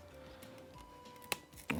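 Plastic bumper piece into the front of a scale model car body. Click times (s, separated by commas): 1.3 s, 1.7 s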